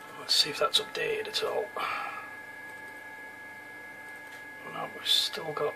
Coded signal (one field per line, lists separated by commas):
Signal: PSK31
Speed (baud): 31.25 baud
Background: speech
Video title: Psk 31 on 28.120 mhz 0.4 watts higher quality